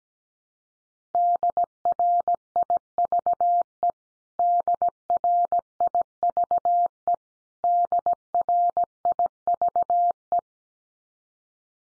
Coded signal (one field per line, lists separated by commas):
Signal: Morse code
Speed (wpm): 17 wpm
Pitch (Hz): 700 Hz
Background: none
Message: DRIVE DRIVE DRIVE